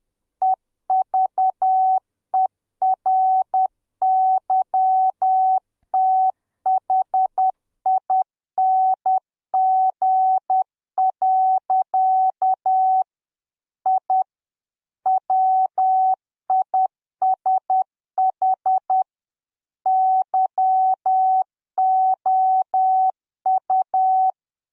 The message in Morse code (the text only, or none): EVERYTHING. I WISH YOU